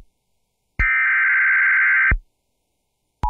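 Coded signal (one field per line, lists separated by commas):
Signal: Emergency Alert System (SAME) tones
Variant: header bursts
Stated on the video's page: Severe thunderstorm warning on WXRY-FM 99.3, recorded by filming a screen.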